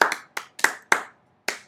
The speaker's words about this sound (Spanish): Un aplauso por él.